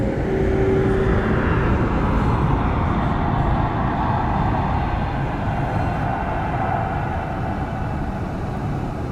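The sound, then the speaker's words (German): Steady, unbroken engine drone inside an airplane cabin in flight over the Alps, a dense low roar with a soft hiss above it, holding the same level throughout with no voices. “Ich will die Flugzeugtüre aufreißen. Natürlich verhindert man das. Unter mir die Alpen.”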